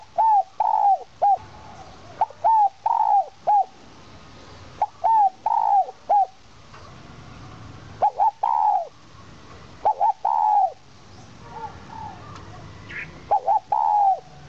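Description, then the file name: Spotted dove repeating its cooing phrase several times, each a cluster of short clipped coos and a longer downward-curving hoot, separated by brief gaps. Cooing in the 'giọng kim' voice style. "Tieng chim Cu gay giong kim. tieng cu gay giong kim"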